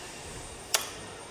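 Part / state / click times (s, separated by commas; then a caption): stand part locking into the light stand / seated / 0.7 s. A part of a light stand, held in position by hand, snaps into its locked position with one sharp, bright click at 0.7 s. Quiet background surrounds it, and the part is seated and locked.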